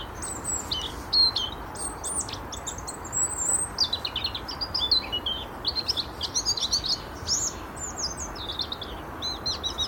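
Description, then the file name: European robin song: rapid, varied, thin high warbles, trills and slurred whistles running almost without pause, over a steady low background hiss. "Erithacus rubecula"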